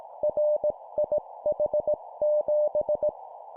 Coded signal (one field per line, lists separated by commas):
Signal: Morse code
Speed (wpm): 18 wpm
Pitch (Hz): 600 Hz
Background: none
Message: RIH7